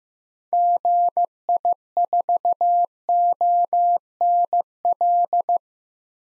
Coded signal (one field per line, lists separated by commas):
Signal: Morse code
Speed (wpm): 15 wpm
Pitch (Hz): 700 Hz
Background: none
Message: GI4ONL